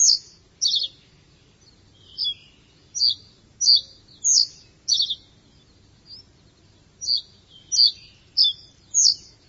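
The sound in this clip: Bird calling with high sharp chirps, about a dozen short notes spaced unevenly across the stretch, some doubled, over a faint low rumble.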